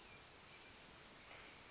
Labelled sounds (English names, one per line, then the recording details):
Western Flycatcher
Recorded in Sonoma County, California